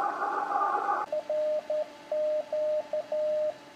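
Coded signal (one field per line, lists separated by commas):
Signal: Morse code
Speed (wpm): 12 wpm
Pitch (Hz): 610 Hz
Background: radio noise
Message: RQ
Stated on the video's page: CW CQ call sent with a Vibroplex straight key on an ICOM 7000 with MFJ-941 tuner.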